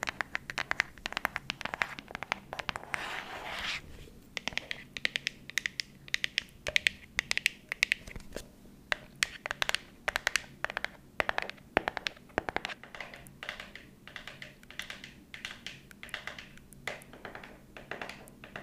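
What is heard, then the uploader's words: Tapping ASMR with dense, irregular crisp taps and scratchy bursts throughout, a brief hissing rustle near four seconds, over a faint low hum. Tapping ASMR.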